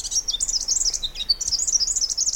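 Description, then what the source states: Forest Double-collared Sunbird song: very high, rapid tumbling twitter of thin chirping notes, jumping up and down in pitch without pause. Song from eastern African mountains, thought to be nearly unchanged from long-lost ancestors; a stable song helps birds recognize members of their own species.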